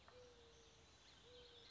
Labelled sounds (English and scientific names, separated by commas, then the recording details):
Mourning Dove (Zenaida macroura)
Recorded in Sonoma County, California